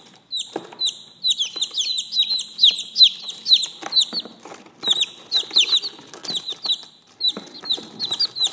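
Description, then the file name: Chicken chicks peeping: a dense run of high falling peeps, with scattered clattering and scratching sounds throughout. "Tieng ga con keu"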